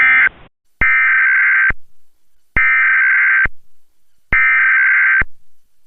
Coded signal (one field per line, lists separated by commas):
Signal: Emergency Alert System (SAME) tones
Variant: header bursts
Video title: EAS Mock: Snowstorms.. In a middle of Spring.. (Requested)